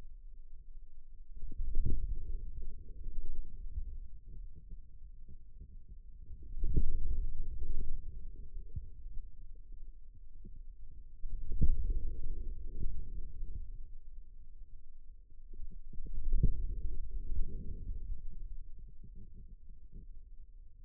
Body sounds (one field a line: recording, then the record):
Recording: forearm muscle sounds (acoustic myography)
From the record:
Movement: inward rotation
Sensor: system 2, bracelet of six BSWA MPA416 microphones around the upper forearm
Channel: 3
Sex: male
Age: 22 years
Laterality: right